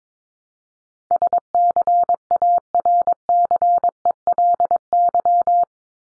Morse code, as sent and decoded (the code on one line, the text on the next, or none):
... -.-. .- .-. -.-. . .-.. -.--
SCARCELY